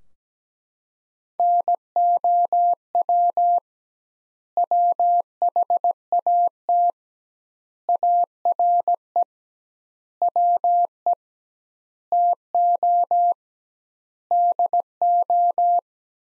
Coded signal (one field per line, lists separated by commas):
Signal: Morse code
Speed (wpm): 17 wpm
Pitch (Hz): 700 Hz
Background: none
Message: NOW WHAT ARE WE TO DO